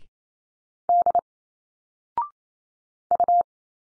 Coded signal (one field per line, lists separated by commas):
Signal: Morse code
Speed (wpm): 28 wpm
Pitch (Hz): 700 Hz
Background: none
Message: D U